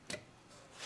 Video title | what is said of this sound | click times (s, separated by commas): VW Glowplug diagnosis and repair | each one goes on yeah your mayor click-click-click so he's done | 0.1 s